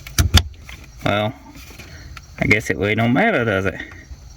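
A tabbed piece of an ignition lock cylinder is handled at its notch in the ignition switch housing, with a few brief sharp knocks near the start while someone talks. Nothing has seated or clicked into place yet.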